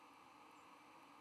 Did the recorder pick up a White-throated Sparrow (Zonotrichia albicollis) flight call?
no